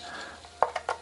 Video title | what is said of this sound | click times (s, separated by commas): Basic Maintenance of a Digital Multimeter ( DMM) | very carefully you'll hear a little click and then | 0.6 s